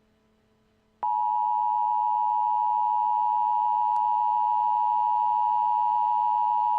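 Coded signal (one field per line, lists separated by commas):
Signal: Emergency Alert System (SAME) tones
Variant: 853 and 960 Hz attention tone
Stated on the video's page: Fictional EAS scenario.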